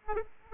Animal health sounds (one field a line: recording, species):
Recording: mosquito wingbeat signal from an infrared sensor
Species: Aedes aegypti